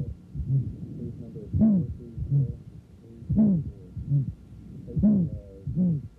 Aortic valve stenosis heard from the apex. The murmur has a higher frequency and more pure quality this is known as Gallivardin's disassociation, which is diagnostic of calcific or acquired aortic valve stenosis.